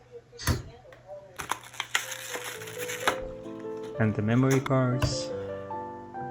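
A stock AMD CPU cooler is pressed down with some force onto the motherboard socket bracket, bringing several sharp clicks and taps, and the loudest hit at about 2.0 s marks the clamp snapping home and seating. Someone talks over background music throughout.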